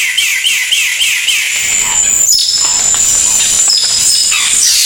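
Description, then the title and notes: Bird song: quick looping warbled notes at the start, then a few thin high whistles over a steady piercing whine and hiss. Bird with a melodious voice. "Burung Dengan Suara Merdu"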